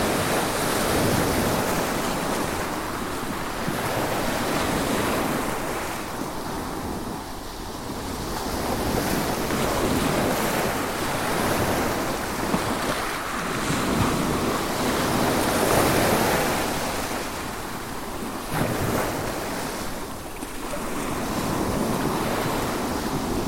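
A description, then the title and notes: Waves crash on a North Sea beach in a dense, continuous roar that swells and eases every few seconds, with louder surges around five, fifteen and twenty seconds. Wind buffets the microphone throughout, adding a low rumble beneath the hiss of breaking surf. Walk along the North Sea shore, Southwold, UK. Waves crashing on Denes Beach, Southwold, East Anglia. We are on the North Sea coast in Suffolk, UK. Denes Beach is a sand and shingle beach, backed by low dunes and marshland.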